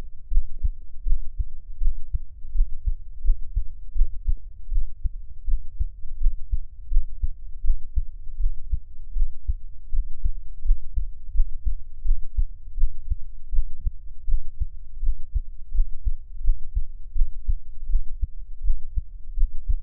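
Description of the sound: Soft, deep thumps repeat steadily at about 80 per minute with no talking and only a faint low hum behind them. An adult's own heartbeat heard close up for relaxed ASMR listening, at a rate within the usual resting range.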